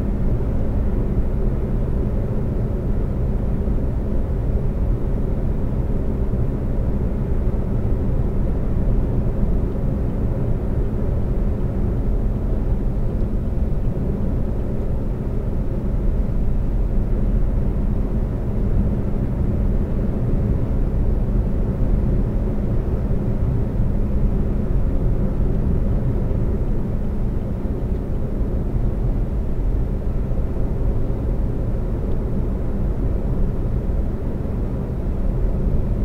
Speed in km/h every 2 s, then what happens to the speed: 130, 130, 130, 130, 130, 130, 132, 132, 132, 132, 130, 130, 130, 130, 130, 132, 132, 132.
0-36 steady at about 130.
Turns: none.